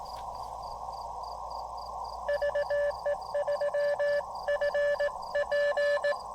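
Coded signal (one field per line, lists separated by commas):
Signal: Morse code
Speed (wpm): 18 wpm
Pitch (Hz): 590 Hz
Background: radio noise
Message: VE3FP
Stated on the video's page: Roadside park activation on the Blue Ridge Parkway.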